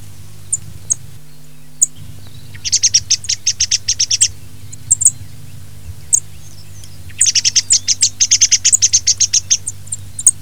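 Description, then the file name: Thrush giving scattered high chips and two long fast runs of sharp ticking notes, over a constant low hum. Filtered recording. "TORDO"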